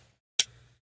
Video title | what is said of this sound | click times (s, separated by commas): CRKT Deviation (2392) - Knife Review | you can hear that snap into place | 0.4 s